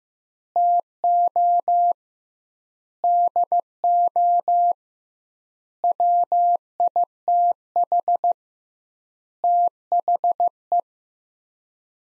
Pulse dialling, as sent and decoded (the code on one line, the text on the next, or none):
none